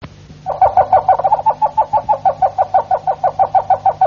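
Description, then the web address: Harz Roller canary song: a steady rolling tour of rapid, evenly spaced notes, continuing without break after a brief quiet start. "~joaopt canarios cantoharz"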